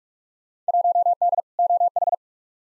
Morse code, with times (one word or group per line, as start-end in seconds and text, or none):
0.7-1.4 1D
1.6-2.1 OH